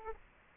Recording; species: mosquito wingbeat signal from an infrared sensor; Aedes aegypti